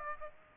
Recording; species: mosquito wingbeat signal from an infrared sensor; Aedes aegypti